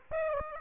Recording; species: mosquito wingbeat signal from an infrared sensor; Aedes aegypti